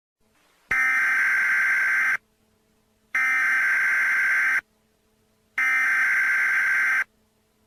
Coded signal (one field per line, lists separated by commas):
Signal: Emergency Alert System (SAME) tones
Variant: header bursts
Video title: Tornado Warning EAS: Valley, Nebraska